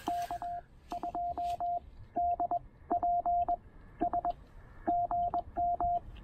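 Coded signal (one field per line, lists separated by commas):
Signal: Morse code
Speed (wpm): 21 wpm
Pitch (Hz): 700 Hz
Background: radio noise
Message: K2DPS GM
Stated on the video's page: POTA activation with Penntek TR-45L and Elecraft AX1 antenna, QRP, operated with a wide CW filter.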